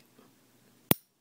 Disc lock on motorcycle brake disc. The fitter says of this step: and it locks in place that way